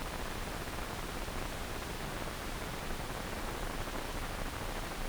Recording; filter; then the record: brain microelectrode recording played as sound; wide band, above 20 Hz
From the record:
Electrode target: subthalamic nucleus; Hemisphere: left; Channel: 1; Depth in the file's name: 1.267 mm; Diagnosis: Parkinson's disease